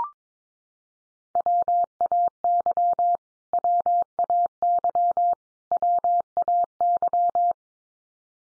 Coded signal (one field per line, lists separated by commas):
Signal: Morse code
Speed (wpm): 22 wpm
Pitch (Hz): 700 Hz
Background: none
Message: WAY WAY WAY